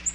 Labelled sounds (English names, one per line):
Nashville Warbler flight call